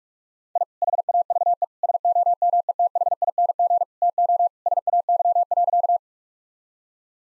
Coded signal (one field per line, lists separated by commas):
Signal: Morse code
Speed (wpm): 46 wpm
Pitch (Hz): 700 Hz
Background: none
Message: I HAVE SOMETHING TO SAY.